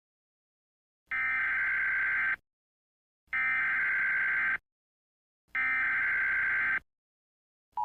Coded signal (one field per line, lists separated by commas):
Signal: Emergency Alert System (SAME) tones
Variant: header bursts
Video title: [EAS] 10:42: A Real-Time Nuclear Attack Simulation